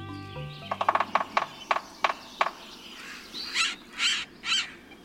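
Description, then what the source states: Sapsucker drilling in irregular taps, first clustered then spaced out, followed by three drawn-out cat-like squeals; a faint tone at the start. Drilling and cat-like squeal of a sapsucker, a delicate woodpecker.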